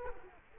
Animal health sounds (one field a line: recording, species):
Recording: mosquito wingbeat signal from an infrared sensor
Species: Culex quinquefasciatus